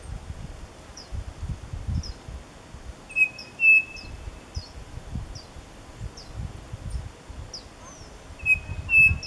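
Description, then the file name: Bird song with steady level whistles given twice, surrounded by repeated thin high notes and low rustling. "SABIOD 50 bird 2015"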